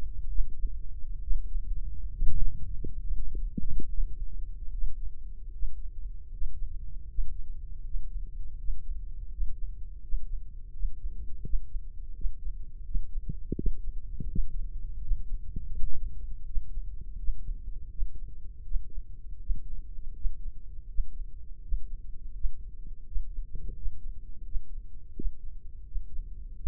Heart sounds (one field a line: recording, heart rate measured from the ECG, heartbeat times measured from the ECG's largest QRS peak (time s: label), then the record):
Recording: heart sounds by microphone in the right ear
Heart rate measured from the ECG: 80 bpm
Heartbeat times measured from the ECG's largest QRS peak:
0.29 s: heartbeat
1.21 s: heartbeat
2.12 s: heartbeat
3.01 s: heartbeat
3.87 s: heartbeat
4.70 s: heartbeat
5.51 s: heartbeat
6.29 s: heartbeat
7.06 s: heartbeat
7.82 s: heartbeat
8.56 s: heartbeat
9.29 s: heartbeat
10.00 s: heartbeat
10.71 s: heartbeat
11.42 s: heartbeat
12.13 s: heartbeat
12.83 s: heartbeat
13.55 s: heartbeat
14.27 s: heartbeat
15.00 s: heartbeat
15.72 s: heartbeat
16.45 s: heartbeat
17.17 s: heartbeat
17.90 s: heartbeat
18.63 s: heartbeat
19.39 s: heartbeat
20.14 s: heartbeat
20.87 s: heartbeat
21.61 s: heartbeat
22.33 s: heartbeat
23.05 s: heartbeat
23.75 s: heartbeat
24.44 s: heartbeat
25.14 s: heartbeat
25.85 s: heartbeat
26.56 s: heartbeat
From the record:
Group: healthy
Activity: Valsalva maneuver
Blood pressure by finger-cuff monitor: 102/73 mmHg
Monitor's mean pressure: 80 mmHg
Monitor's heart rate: 82 bpm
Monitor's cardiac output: 7 L/min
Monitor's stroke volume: 85 mL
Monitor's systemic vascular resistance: 840 dyn s/cm5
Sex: male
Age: 57 years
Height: 188 cm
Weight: 106 kg